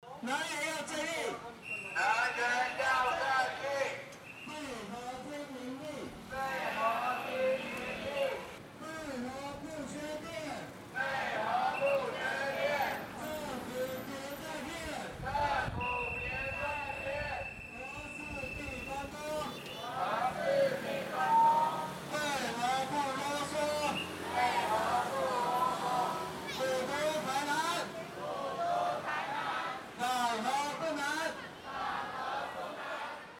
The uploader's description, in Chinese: 城隍廟博杯